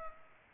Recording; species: mosquito wingbeat signal from an infrared sensor; Culex pipiens